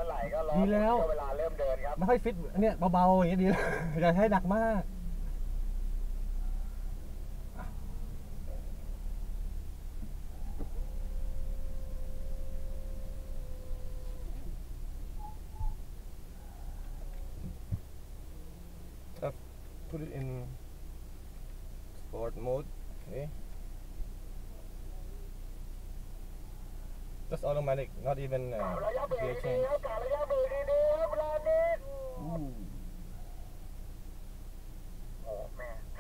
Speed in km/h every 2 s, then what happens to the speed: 0, 0, 0, 0, 3, 5, 5, 0, 0, 0, 0, 0, 0, 0, 0, 0, 0, 0.
0-7 standing. 7-14 steady at about 3. 14-36 standing.